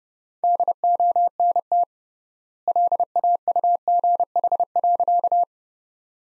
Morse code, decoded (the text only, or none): DONT LAUGH.